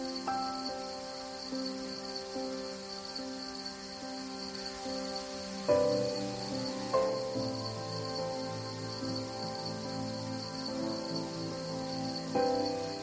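Soft sustained music with held chords plays over a steady bed of hiss, like white noise or gentle rain. Chords shift with soft swells near the start, around six and seven seconds, and again near the end.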